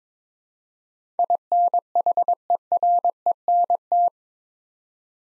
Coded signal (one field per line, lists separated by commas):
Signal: Morse code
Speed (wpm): 22 wpm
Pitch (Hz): 700 Hz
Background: none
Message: INHERENT